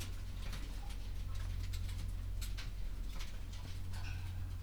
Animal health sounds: poultry house recording; sick chickens (respiratory disease)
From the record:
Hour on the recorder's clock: 11

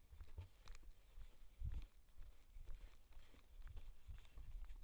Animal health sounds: poultry house recording; no chicken sound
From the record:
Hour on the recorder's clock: 12

